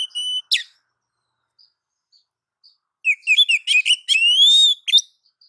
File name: Suara Kicau Burung Kacer Betina Memanggil Jantan